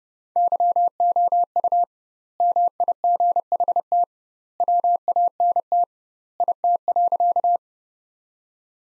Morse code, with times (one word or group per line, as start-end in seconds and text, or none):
0.4-1.8 YOU
2.4-4.0 MIGHT
4.6-5.8 WANT
6.4-7.6 IT.